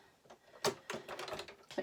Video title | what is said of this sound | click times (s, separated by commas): Sewing a Pencil case | we're going to swap now to the ordinary foot we don't need that special sit foot anymore clicks | 0.6 s